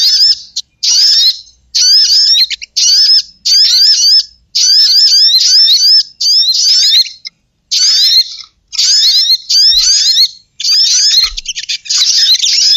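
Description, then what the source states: Bird calling in dense scratchy chattering phrases, each lasting about a second, repeated almost continuously with brief gaps, all high-pitched and harsh. Lure call used to attract birds that are hard to approach.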